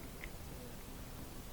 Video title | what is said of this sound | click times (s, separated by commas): ✨ Miele Dishwasher - Falling Door - LET’S FIX IT! ✨ | that we're just going to push it in it'll click into place | 0.2 s